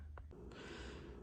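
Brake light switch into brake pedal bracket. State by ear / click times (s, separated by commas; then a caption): seated / 0.2 s. A plastic brake light switch on a Jeep Renegade is slid into the brake pedal bracket and twisted until it locks in place. A sharp click sounds at 0.2 s, followed by a softer, longer sound at about 0.5 s over a low background hum. The switch is seated.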